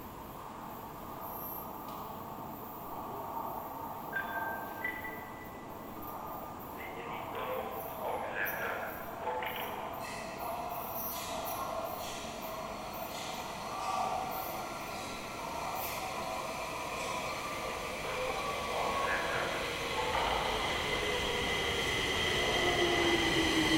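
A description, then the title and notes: A subway train at Blackeberg station, with a steady low rumble that slowly swells in loudness across the clip. Squeals and whines from the wheels and motors rise and fall throughout, and a high hiss sits above everything. A two-car Bombardier C20 subway train arriving and departing Blackeberg on a quiet Sunday afternoon. Blackeberg subway station, Stockholm.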